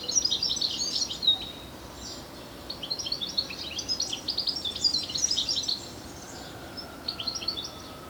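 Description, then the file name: European Goldfinch twitter, rapid high chirping phrases for about six seconds, then a pause and a short final burst of notes. "Carduelis carduelis"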